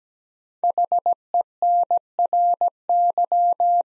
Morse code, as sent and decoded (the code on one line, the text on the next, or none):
.... . -. .-. -.--
HENRY